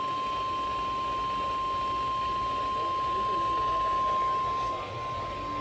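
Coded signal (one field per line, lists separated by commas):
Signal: Emergency Alert System (SAME) tones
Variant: 1050 Hz attention tone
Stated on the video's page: Weather radio activation compilation: tornado watch, severe thunderstorm, flash flood and tornado warnings.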